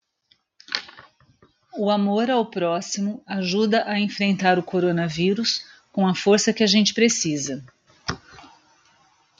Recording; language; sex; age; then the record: spoken sentence; Brazilian Portuguese; female; 50 to 59 years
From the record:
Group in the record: control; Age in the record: 57 years